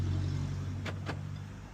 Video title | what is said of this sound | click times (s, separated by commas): 2023 Ford expedition additional key added in 30 second #locksmith #mobileservice #carkeyprogramming | Put the key. We're going to hear the click. | 0.9 s